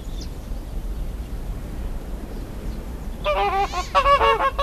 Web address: greater flamingo